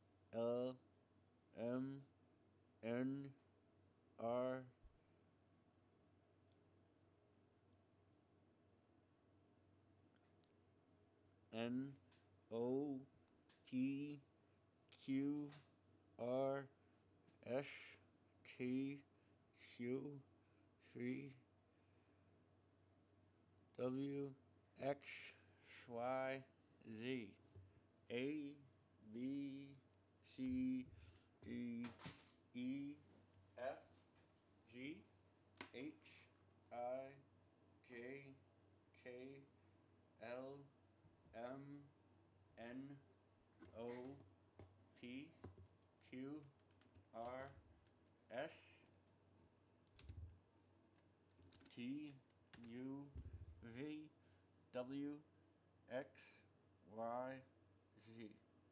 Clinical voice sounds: letters of the alphabet, spoken; constrained by a bite bar between the teeth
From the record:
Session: first day, right after the free take

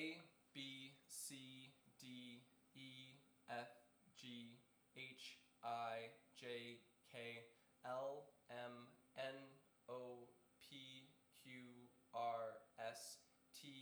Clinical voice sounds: letters of the alphabet, spoken; free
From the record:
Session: seven days later

